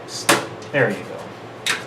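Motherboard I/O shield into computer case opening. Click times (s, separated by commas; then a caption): 0.3 s. A steel rear I/O shield for a motherboard is pressed into the computer case opening after a few tries and snaps into place with a sharp click at 0.3 s. It seats, and someone talks afterward.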